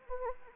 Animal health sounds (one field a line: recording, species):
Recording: mosquito wingbeat signal from an infrared sensor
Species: Anopheles arabiensis